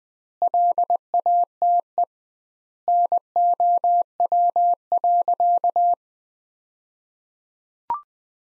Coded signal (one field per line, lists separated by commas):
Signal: Morse code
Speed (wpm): 20 wpm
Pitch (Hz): 700 Hz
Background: none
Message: LATE NOW.